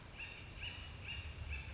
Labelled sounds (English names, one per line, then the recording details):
Acorn Woodpecker
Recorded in Sonoma County, California